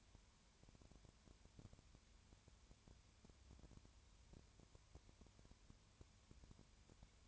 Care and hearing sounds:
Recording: daily activity, microphone in the room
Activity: no activity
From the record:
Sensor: 2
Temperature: 20.3 degrees Celsius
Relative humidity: 33.8%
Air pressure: 1003.2 hPa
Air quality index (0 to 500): 82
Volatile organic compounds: 1 ppm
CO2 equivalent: 782 ppm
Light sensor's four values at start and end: 2/3/2/2 and 2/3/2/2

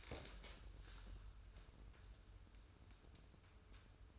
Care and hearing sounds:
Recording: daily activity, microphone in the room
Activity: stand up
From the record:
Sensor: 2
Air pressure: 994.3 hPa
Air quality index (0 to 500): 202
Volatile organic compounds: 1000 ppm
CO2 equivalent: 6648 ppm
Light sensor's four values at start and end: 71/164/70/71 and 106/245/104/109

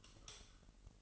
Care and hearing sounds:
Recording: daily activity, microphone in the room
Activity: light off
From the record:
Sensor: 4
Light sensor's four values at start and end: 7/15/6/6 and 7/15/6/6

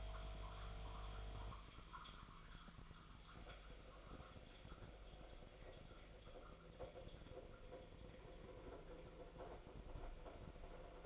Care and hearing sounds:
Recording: daily activity, microphone in the room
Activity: make coffee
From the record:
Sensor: 5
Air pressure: 1009.5 hPa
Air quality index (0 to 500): 169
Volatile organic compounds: 4 ppm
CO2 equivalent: 1637 ppm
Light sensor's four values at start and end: 93/246/101/106 and 94/248/101/107

